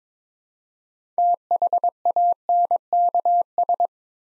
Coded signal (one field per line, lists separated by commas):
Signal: Morse code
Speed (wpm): 22 wpm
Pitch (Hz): 700 Hz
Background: none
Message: THANKS